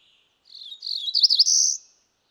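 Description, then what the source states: Cerulean warbler buzzy high song, a quick series of buzzy notes ending in a sustained high buzzy trill, lasting about one and a half seconds. Female cerulean warbler.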